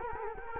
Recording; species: mosquito wingbeat signal from an infrared sensor; Culex quinquefasciatus